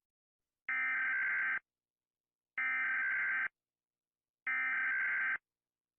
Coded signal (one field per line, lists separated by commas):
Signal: Emergency Alert System (SAME) tones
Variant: header bursts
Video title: Baby first SUN disappeared EAS September 20, 2013